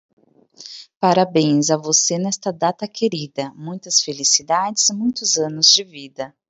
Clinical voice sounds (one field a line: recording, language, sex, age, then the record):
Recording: short text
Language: Brazilian Portuguese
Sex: female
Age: 30 to 39 years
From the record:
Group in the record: control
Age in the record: 33 years